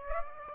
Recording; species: mosquito wingbeat signal from an infrared sensor; Aedes aegypti